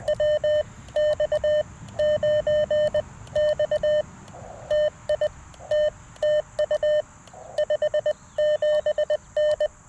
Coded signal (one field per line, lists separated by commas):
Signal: Morse code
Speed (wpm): 20 wpm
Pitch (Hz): 600 Hz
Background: none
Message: W X 9 X TI T TU 57N